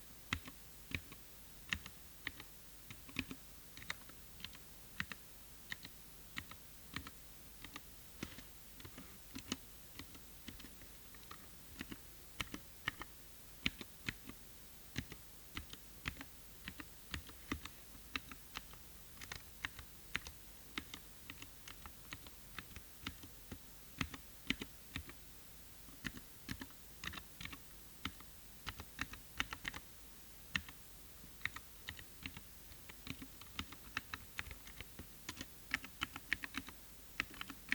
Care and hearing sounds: daily activity, guitar pickup as the sensor; type

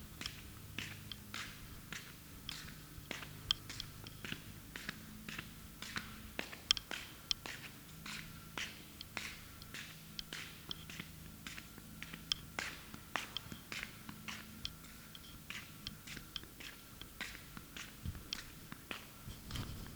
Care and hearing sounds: daily activity, guitar pickup as the sensor; walk

